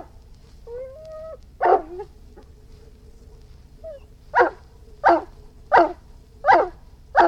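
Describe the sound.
Irish Wolfhound barking, a few whines and a single bark early, then five deep barks roughly every 0.7 seconds, with a steady low hum underneath.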